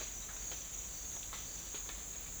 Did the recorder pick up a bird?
no